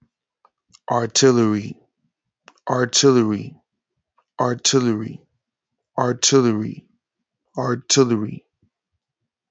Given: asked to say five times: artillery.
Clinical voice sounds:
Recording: repeated word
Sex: male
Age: 30 to 39 years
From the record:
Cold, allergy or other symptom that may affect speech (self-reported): yes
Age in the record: 30 years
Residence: Virginia, United States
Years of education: 15

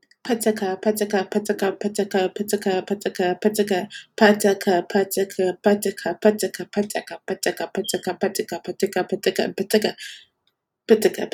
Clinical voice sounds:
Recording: repeated syllables /pa ta ka/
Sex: female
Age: 20 to 29 years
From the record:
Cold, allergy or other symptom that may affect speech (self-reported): no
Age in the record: 22 years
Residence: Texas, United States

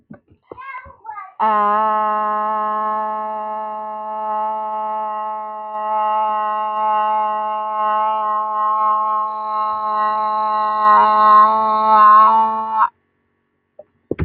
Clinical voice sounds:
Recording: vowel held as long as possible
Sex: female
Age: 30 to 39 years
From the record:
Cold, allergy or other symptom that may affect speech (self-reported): no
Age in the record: 33 years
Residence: Maryland, United States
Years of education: 17

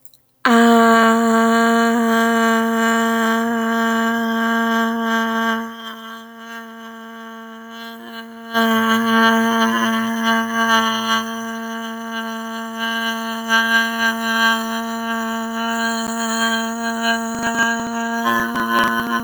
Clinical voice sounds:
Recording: vowel held as long as possible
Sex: female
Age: 20 to 29 years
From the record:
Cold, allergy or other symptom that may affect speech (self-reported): no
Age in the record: 22 years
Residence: Texas, United States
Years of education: 12

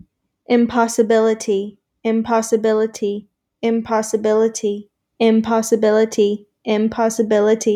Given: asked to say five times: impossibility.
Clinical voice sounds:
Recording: repeated word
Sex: female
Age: 20 to 29 years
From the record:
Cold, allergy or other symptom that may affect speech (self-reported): no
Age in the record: 22 years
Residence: North Carolina, United States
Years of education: 16

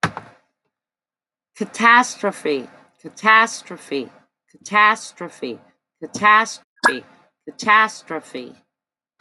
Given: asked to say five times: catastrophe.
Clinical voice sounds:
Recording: repeated word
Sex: female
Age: 50 to 59 years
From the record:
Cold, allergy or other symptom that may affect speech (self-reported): no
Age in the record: 58 years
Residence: Alabama, United States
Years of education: 14

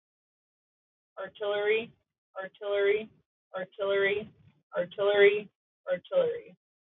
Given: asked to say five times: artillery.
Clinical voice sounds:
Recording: repeated word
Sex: female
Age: 20 to 29 years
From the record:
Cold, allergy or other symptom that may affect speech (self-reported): no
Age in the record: 24 years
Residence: Colorado, United States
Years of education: 13

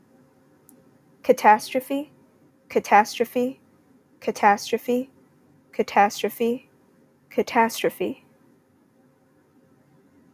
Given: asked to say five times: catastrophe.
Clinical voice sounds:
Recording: repeated word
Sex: female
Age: 20 to 29 years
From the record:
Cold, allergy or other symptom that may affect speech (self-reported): no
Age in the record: 23 years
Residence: Georgia, United States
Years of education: 15

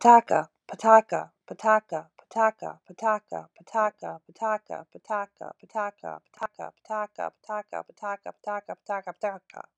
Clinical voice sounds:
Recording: repeated syllables /pa ta ka/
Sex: female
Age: 50 to 59 years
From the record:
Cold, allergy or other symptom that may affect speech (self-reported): no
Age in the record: 54 years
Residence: New York, United States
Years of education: 14

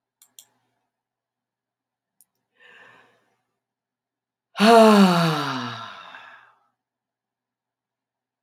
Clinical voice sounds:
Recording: vowel held as long as possible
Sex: female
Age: 50 to 59 years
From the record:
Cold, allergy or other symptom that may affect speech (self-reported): no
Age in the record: 56 years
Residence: North Carolina, United States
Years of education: 16

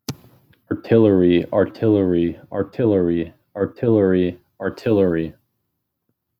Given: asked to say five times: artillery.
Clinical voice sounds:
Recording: repeated word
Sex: male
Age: 20 to 29 years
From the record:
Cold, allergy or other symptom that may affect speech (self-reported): no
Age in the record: 23 years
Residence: Minnesota, United States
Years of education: 16

